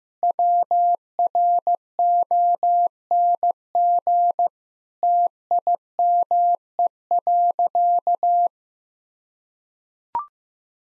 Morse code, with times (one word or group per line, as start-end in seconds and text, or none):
0.2-4.5 WRONG
5.0-8.5 TIME.